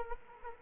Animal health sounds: mosquito wingbeat signal from an infrared sensor; Culex quinquefasciatus

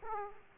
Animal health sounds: mosquito wingbeat signal from an infrared sensor; Aedes aegypti

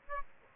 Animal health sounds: mosquito wingbeat signal from an infrared sensor; Aedes albopictus

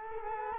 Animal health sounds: mosquito wingbeat signal from an infrared sensor; Culex quinquefasciatus

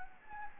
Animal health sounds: mosquito wingbeat signal from an infrared sensor; Anopheles gambiae

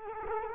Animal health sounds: mosquito wingbeat signal from an infrared sensor; Culex quinquefasciatus

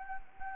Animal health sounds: mosquito wingbeat signal from an infrared sensor; Anopheles gambiae

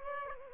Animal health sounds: mosquito wingbeat signal from an infrared sensor; Aedes aegypti

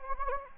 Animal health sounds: mosquito wingbeat signal from an infrared sensor; Anopheles gambiae

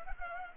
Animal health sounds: mosquito wingbeat signal from an infrared sensor; Culex pipiens

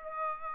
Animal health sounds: mosquito wingbeat signal from an infrared sensor; Aedes aegypti

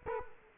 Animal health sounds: mosquito wingbeat signal from an infrared sensor; Culex quinquefasciatus

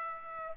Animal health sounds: mosquito wingbeat signal from an infrared sensor; Aedes aegypti

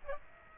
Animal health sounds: mosquito wingbeat signal from an infrared sensor; Aedes aegypti

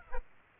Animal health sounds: mosquito wingbeat signal from an infrared sensor; Aedes aegypti

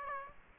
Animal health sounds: mosquito wingbeat signal from an infrared sensor; Aedes aegypti

